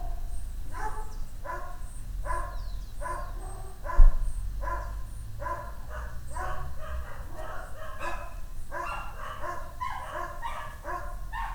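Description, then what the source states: Dog barking steadily, with a sharp knock near the middle. Dogs barking on the Escalera Morrison stairway, Valparaíso; recorded with a Tascam DR-100mk II.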